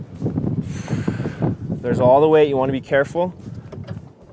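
A Hi-Lift style farm jack holds the full weight of a Jeep Wrangler Rubicon while it is lowered, its handle worked so the steel climbing pin can snap into the next hole of the standard bar. Someone talks over low rumbling and a few faint knocks. The clip ends before the climbing pin seats, so nothing has clicked into place yet.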